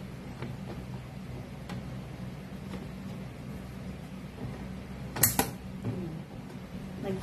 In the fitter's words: Dapat talaga maririnig mo yung clip. Yan. And then ito click. Yun. Okay na siya.